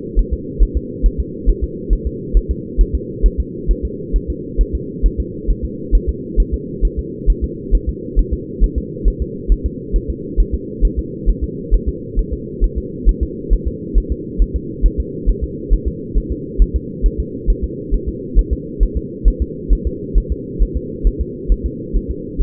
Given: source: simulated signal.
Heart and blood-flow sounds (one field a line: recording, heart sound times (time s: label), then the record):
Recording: fetal heart sounds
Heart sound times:
0.19 s: S1
0.33 s: S2
0.63 s: S1
0.77 s: S2
1.06 s: S1
1.20 s: S2
1.49 s: S1
1.64 s: S2
1.93 s: S1
2.07 s: S2
2.37 s: S1
2.51 s: S2
2.81 s: S1
2.95 s: S2
3.26 s: S1
3.40 s: S2
3.71 s: S1
3.85 s: S2
4.16 s: S1
4.30 s: S2
4.61 s: S1
4.75 s: S2
5.06 s: S1
5.20 s: S2
5.51 s: S1
5.65 s: S2
5.95 s: S1
6.09 s: S2
6.40 s: S1
6.54 s: S2
6.85 s: S1
6.99 s: S2
7.30 s: S1
7.44 s: S2
7.75 s: S1
7.89 s: S2
8.19 s: S1
8.34 s: S2
8.64 s: S1
8.78 s: S2
9.08 s: S1
9.22 s: S2
9.52 s: S1
9.66 s: S2
9.96 s: S1
10.10 s: S2
10.40 s: S1
10.55 s: S2
10.85 s: S1
10.99 s: S2
11.30 s: S1
11.44 s: S2
11.74 s: S1
11.88 s: S2
12.19 s: S1
12.33 s: S2
12.64 s: S1
12.78 s: S2
13.09 s: S1
13.23 s: S2
13.53 s: S1
13.67 s: S2
13.98 s: S1
14.12 s: S2
14.42 s: S1
14.56 s: S2
14.86 s: S1
15.00 s: S2
15.30 s: S1
15.44 s: S2
15.73 s: S1
15.88 s: S2
16.17 s: S1
16.32 s: S2
16.62 s: S1
16.76 s: S2
17.06 s: S1
17.20 s: S2
17.50 s: S1
17.64 s: S2
17.94 s: S1
18.09 s: S2
18.39 s: S1
18.53 s: S2
18.83 s: S1
18.97 s: S2
19.28 s: S1
19.42 s: S2
19.73 s: S1
19.87 s: S2
20.18 s: S1
20.32 s: S2
20.62 s: S1
20.77 s: S2
21.07 s: S1
21.21 s: S2
21.52 s: S1
21.66 s: S2
21.96 s: S1
22.11 s: S2
22.41 s: S1
From the record:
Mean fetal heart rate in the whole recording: 135 bpm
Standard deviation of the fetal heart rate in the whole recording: 3 bpm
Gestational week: 36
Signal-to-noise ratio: -4.1 dB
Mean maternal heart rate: no maternal heart sound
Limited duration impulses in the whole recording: absent